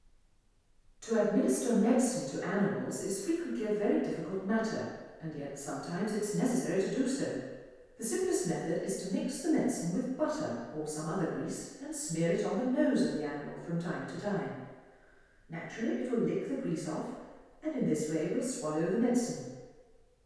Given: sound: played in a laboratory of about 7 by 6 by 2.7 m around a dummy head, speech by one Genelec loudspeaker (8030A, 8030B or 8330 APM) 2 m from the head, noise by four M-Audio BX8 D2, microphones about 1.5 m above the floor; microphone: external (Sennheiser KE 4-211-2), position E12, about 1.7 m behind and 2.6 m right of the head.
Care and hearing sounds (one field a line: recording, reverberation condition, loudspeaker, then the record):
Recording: female speech in English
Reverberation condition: high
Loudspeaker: in front (0 degrees)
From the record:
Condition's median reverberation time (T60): about 1300 ms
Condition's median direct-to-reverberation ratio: about -4.0 dB